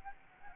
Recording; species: mosquito wingbeat signal from an infrared sensor; Anopheles gambiae